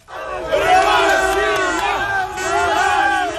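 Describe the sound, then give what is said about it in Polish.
A large crowd of Russian football fans roars and chants as they celebrate in the streets after Russia beat Spain on penalties to reach the 2018 World Cup quarter-final. A dense, continuous wall of many overlapping voices shouts and sings loudly throughout. “Kiedy sędzia zagwizdał po raz ostatni i tym samym ogłosił, że Rosja zagra w ćwierćfinale Mistrzostw Świata, kibice z Borny masowo wyszli na ulicę i świętowali do białego rana.”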